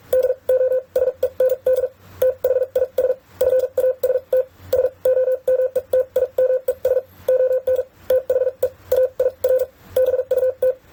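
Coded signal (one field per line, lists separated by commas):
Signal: Morse code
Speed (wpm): 44 wpm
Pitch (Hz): 510 Hz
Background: none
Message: DO SEND THIS FAST SOMETIMES ON THE AIR BUT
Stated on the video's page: Morse sending test at 30 to 55 wpm keyed through a Winkeyer, checking error rate against speed; errors increase at higher speeds.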